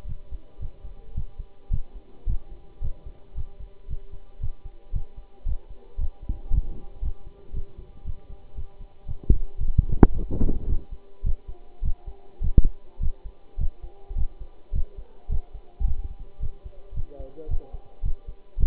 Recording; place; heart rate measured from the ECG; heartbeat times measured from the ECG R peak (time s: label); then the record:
heart sounds by stethoscope; between the tricuspid and mitral areas; 110 bpm
0.08 s: heartbeat
0.60 s: heartbeat
1.16 s: heartbeat
1.72 s: heartbeat
2.28 s: heartbeat
2.82 s: heartbeat
3.36 s: heartbeat
3.89 s: heartbeat
4.41 s: heartbeat
4.94 s: heartbeat
5.47 s: heartbeat
5.99 s: heartbeat
6.51 s: heartbeat
7.03 s: heartbeat
7.54 s: heartbeat
8.05 s: heartbeat
8.56 s: heartbeat
9.07 s: heartbeat
9.59 s: heartbeat
10.13 s: heartbeat
10.68 s: heartbeat
11.25 s: heartbeat
11.84 s: heartbeat
12.42 s: heartbeat
13.01 s: heartbeat
13.59 s: heartbeat
14.17 s: heartbeat
14.74 s: heartbeat
15.30 s: heartbeat
15.86 s: heartbeat
16.41 s: heartbeat
16.95 s: heartbeat
17.49 s: heartbeat
18.04 s: heartbeat
18.59 s: heartbeat
From the record:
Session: Bruce protocol treadmill stress test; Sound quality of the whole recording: good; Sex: male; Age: 25 years